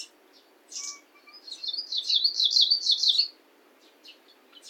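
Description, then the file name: Kamchatka leaf warbler song: a single fast, buzzy, rattling trill, with a few short high chirps before and after. Recorded 28 May 2021 at 09:10. "oomushikui 210528 0910"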